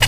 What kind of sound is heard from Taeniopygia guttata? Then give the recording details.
tet call. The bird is a female. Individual fem1